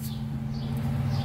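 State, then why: Not seated. A small part, likely the float or needle assembly, is handled against the body of a cleaned Chinese 123cc carburetor from an MTD lawn mower during reassembly, after being turned around to try the other side because such parts sometimes fit only one way. A steady low hum runs throughout with faint handling noises over it. Nothing has seated or clicked yet.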